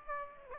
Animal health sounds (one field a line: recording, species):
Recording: mosquito wingbeat signal from an infrared sensor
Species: Aedes aegypti